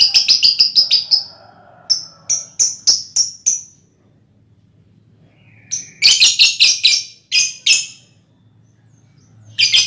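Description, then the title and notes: Lovebird chattering in quick series of piercing high chirps, several notes per second, broken by a silent pause before another shrill burst and a final cluster. Ngekek song, used as a lure song (kicau pancingan). "Master Kicau Lovebird ngekek, kicau pancingan"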